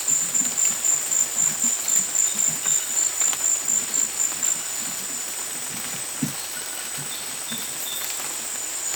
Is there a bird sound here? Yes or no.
no